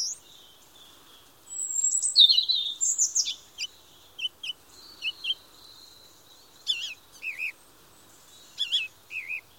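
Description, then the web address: Birds singing: high whistled phrases and sharp chirps at first, then several short bursts of bright, bouncing notes against a quiet background. Birdsong in a forest of the Moscow region, in summer, during the day. "nido del canto de los pajaros de la region de moscu en un bosque en verano durante el dia"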